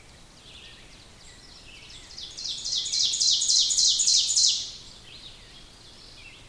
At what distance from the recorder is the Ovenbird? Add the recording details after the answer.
about 15 m. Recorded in boreal forest in Alberta, Canada, on 5 June 2016 at 06:25. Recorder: SongMeter 3, array SBT-3-51. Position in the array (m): 242 m, 133 m. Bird 28